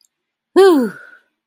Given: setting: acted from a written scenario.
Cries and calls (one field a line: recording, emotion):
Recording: vocal sound without words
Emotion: pride